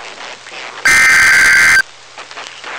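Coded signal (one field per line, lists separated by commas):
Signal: Emergency Alert System (SAME) tones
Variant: header bursts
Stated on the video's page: Real tornado warning SAME tones received on NOAA weather radio.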